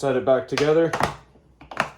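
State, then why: Seated. Someone talks, then the lid latch clips on a shop vacuum drum are snapped shut after a cartridge filter is fitted and the vacuum head is set back on the plastic drum. A few small knocks lead into a sharp plastic click at 1.8 s as the latch seats.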